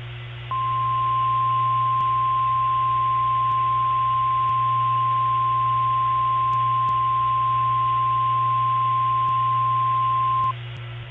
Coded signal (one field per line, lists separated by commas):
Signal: Emergency Alert System (SAME) tones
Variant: 1050 Hz attention tone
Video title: EAS Scenario - Category 6 (Part 2)